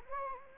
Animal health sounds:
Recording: mosquito wingbeat signal from an infrared sensor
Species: Anopheles gambiae

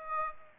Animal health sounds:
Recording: mosquito wingbeat signal from an infrared sensor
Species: Aedes aegypti

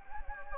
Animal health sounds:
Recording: mosquito wingbeat signal from an infrared sensor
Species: Anopheles gambiae

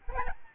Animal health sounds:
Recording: mosquito wingbeat signal from an infrared sensor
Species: Aedes albopictus

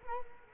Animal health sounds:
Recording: mosquito wingbeat signal from an infrared sensor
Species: Culex quinquefasciatus

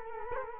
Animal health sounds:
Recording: mosquito wingbeat signal from an infrared sensor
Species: Culex quinquefasciatus

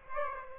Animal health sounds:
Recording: mosquito wingbeat signal from an infrared sensor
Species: Aedes aegypti

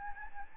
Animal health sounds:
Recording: mosquito wingbeat signal from an infrared sensor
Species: Aedes albopictus

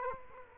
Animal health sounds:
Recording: mosquito wingbeat signal from an infrared sensor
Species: Culex quinquefasciatus

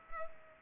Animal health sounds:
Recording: mosquito wingbeat signal from an infrared sensor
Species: Culex pipiens

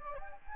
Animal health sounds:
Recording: mosquito wingbeat signal from an infrared sensor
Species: Anopheles gambiae

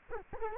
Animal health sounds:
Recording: mosquito wingbeat signal from an infrared sensor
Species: Culex quinquefasciatus

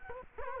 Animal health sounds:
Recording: mosquito wingbeat signal from an infrared sensor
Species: Culex quinquefasciatus

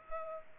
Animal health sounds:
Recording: mosquito wingbeat signal from an infrared sensor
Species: Culex pipiens

